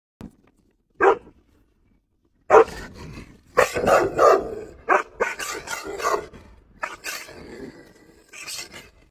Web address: sound akita